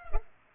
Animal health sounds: mosquito wingbeat signal from an infrared sensor; Culex pipiens

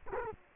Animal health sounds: mosquito wingbeat signal from an infrared sensor; Culex quinquefasciatus

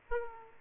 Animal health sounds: mosquito wingbeat signal from an infrared sensor; Aedes aegypti

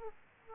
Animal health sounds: mosquito wingbeat signal from an infrared sensor; Aedes aegypti

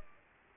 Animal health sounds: mosquito wingbeat signal from an infrared sensor; Culex pipiens

